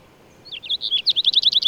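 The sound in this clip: Bird song: a rapid trill of sharp, high chirps, evenly repeated for just over a second.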